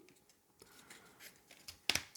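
A board game board piece is pushed into place in the assembled board. A few faint scrapes and taps lead to a sharp, bright click at 1.9 s, followed by a second snap and small ticks. The piece clicks in and is seated.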